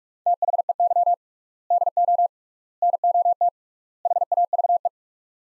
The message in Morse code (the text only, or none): THEY DO NOT HAVE